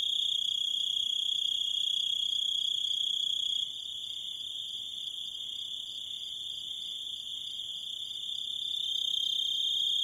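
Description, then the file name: Grasshopper stridulating in a sustained high trill that drops in volume after a few seconds, then swells louder again near the close. "zvuki kuznechika"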